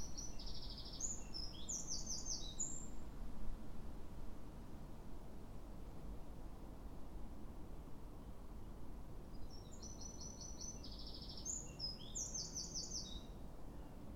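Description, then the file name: Eurasian wren song: two rapid, high trilled bursts of buzzy notes and rattles, each about three seconds, separated by a long pause, over steady low rumbling background noise. "Troglodytes troglodytes"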